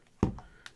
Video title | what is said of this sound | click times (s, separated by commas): OtterBox Defender Pro case Review - Iphone 13 Pro Max | clicking into place there's a track under there apparently you're all done | 0.2 s, 0.7 s